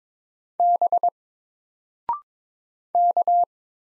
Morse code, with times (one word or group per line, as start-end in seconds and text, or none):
0.6-1.1 B
3.0-3.4 K